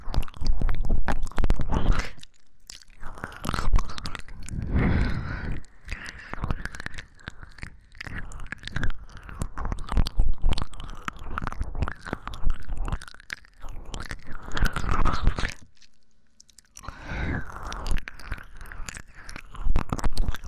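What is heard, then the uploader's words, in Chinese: Ear licking: wet, smacking mouth sounds come in quick, dense bursts of clicks and slurps, nearly continuous over the twenty seconds. Brief pauses fall around 2.5 seconds and again near 16 seconds, where it goes almost quiet before the rapid licking resumes. 激速啜取舔耳 | 耳舐め | Ear Licking | NO Talking。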